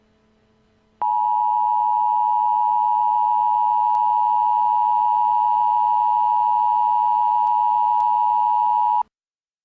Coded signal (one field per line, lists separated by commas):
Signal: Emergency Alert System (SAME) tones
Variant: 853 and 960 Hz attention tone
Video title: The 2022 Eastern Blizzard: An EAS Scenario